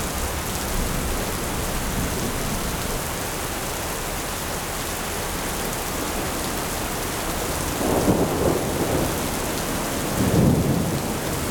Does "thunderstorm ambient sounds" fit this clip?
yes